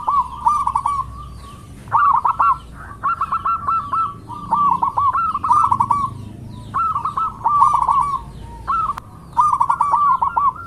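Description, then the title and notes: Zebra dove giving repeated short phrases of fast staccato coos, each burst separated by a pause. Actively singing dove in a long-duration lure recording. "Pancingan Perkutut Durasi Panjang. Suara Burung Perkutut Gacor"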